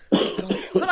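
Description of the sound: A quick run of about three voiced, throaty coughs in under a second. Each burst starts sharply and tails off with some voice in it. It is a brief coughing fit in an adult woman, in a small room.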